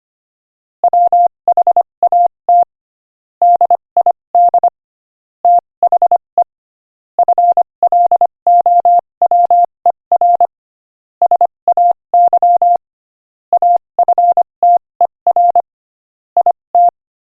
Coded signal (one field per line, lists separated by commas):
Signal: Morse code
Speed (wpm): 25 wpm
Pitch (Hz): 700 Hz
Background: none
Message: WHAT DID THE FLOWER SAY AFTER IT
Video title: Morse Code Practice: 25 wpm Joke #12